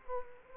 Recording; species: mosquito wingbeat signal from an infrared sensor; Culex quinquefasciatus